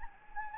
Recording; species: mosquito wingbeat signal from an infrared sensor; Anopheles gambiae